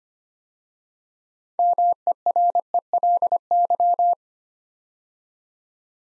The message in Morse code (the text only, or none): MERELY